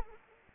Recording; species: mosquito wingbeat signal from an infrared sensor; Anopheles arabiensis